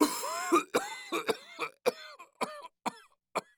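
About nine sharp coughs come in a quick, irregular fit, with voiced, raspy, throaty sounds between the bursts. An old man's repeated coughing spell, a sound effect.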